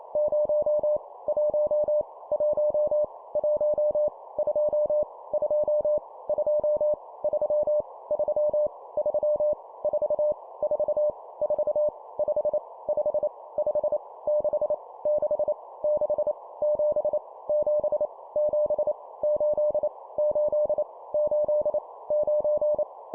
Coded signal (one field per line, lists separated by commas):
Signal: Morse code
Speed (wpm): 28 wpm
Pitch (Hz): 600 Hz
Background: none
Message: 0 1 1 1 2 2 2 3 3 3 4 4 4 5 5 5 6 6 6 7 7 7 8 8 8 9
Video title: 25wpm Repeat three times Number, CW morse code Copy Speed improvement